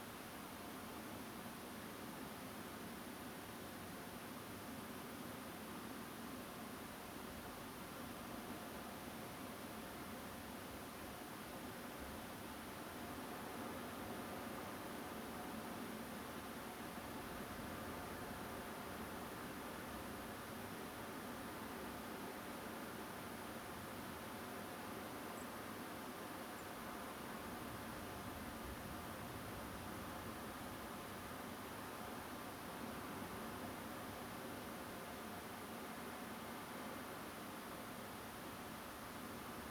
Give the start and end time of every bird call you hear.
25.36s-25.44s: Song Thrush (Turdus philomelos)
26.57s-26.63s: Song Thrush (Turdus philomelos)

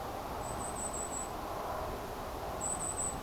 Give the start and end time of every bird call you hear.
0.40s-1.29s: Goldcrest (Regulus regulus)
2.59s-3.14s: Goldcrest (Regulus regulus)

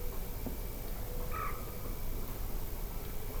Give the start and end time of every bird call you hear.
1.31s-1.51s: Common Moorhen (Gallinula chloropus)

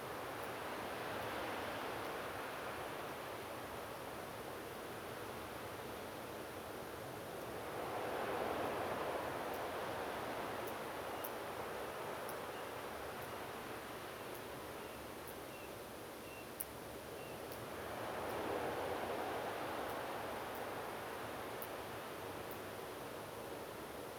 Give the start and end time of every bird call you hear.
11.06s-11.31s: Common Ringed Plover (Charadrius hiaticula)
15.53s-15.67s: Common Ringed Plover (Charadrius hiaticula)
16.26s-16.44s: Common Ringed Plover (Charadrius hiaticula)
17.19s-17.36s: Common Ringed Plover (Charadrius hiaticula)

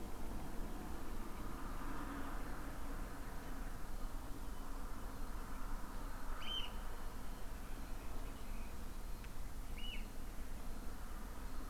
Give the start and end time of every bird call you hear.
0.09s-2.30s: Common Nightingale (Luscinia megarhynchos)
2.61s-5.62s: Common Nightingale (Luscinia megarhynchos)
6.38s-6.64s: Eurasian Oystercatcher (Haematopus ostralegus)
7.52s-8.76s: Common Nightingale (Luscinia megarhynchos)
9.77s-9.98s: Eurasian Oystercatcher (Haematopus ostralegus)
10.38s-11.44s: Common Nightingale (Luscinia megarhynchos)

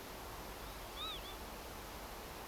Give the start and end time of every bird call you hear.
0.61s-1.36s: Northern Lapwing (Vanellus vanellus)

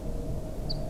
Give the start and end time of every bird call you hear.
0.68s-0.74s: Ortolan Bunting (Emberiza hortulana)

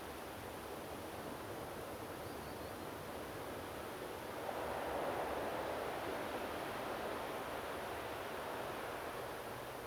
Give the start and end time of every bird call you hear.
2.24s-2.70s: Common Sandpiper (Actitis hypoleucos)

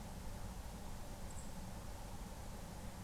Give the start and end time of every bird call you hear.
1.27s-1.54s: Song Thrush (Turdus philomelos)

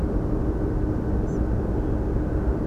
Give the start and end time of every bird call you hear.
1.27s-1.38s: Spotted Flycatcher (Muscicapa striata)

